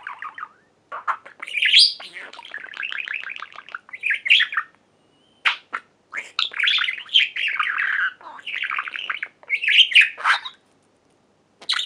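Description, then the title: Budgerigar warble: continuous rapid chirping and scratchy chatter in dense runs, broken by short pauses, with squeaky notes and clicks throughout. "Budgie Sounds"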